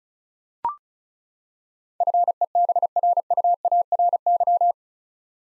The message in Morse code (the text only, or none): FEBRUARY